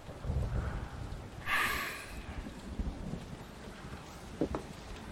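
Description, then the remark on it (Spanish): Steady rain hisses without pause, with low rumbling underneath and a louder whooshing swell early on, then a brief sharper patter near the end. No one speaks. “Espero que no me hagas salir a la lluvia, sino acostarte conmigo.”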